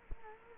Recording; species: mosquito wingbeat signal from an infrared sensor; Culex quinquefasciatus